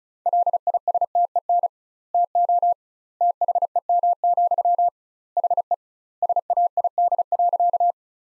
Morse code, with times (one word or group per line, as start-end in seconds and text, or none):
0.3-1.7 LISTEN
2.1-2.7 TO
3.2-4.9 THEM,
5.4-5.7 HE
6.2-7.9 SAID.